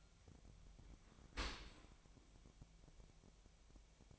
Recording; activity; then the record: daily activity, microphone in the room; open dishwasher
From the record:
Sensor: 1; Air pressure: 1006.7 hPa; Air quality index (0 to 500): 209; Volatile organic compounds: 24 ppm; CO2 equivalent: 2823 ppm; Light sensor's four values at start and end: 12/32/12/14 and 12/31/12/14